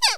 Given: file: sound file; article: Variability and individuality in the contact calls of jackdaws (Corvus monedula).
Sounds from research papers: jackdaw call; harmonic

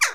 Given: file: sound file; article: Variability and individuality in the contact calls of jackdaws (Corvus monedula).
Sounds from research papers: jackdaw call; harmonic

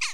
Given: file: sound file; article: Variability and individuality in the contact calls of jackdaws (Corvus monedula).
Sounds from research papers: jackdaw call; harmonic

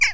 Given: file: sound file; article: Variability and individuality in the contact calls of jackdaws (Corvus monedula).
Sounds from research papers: jackdaw call; harmonic

